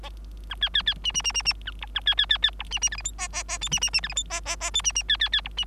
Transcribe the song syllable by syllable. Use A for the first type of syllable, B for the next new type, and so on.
A B B B C C C C C A D A B B B B D C C E F G H H H I C C C E F G H H H I C C B B B D C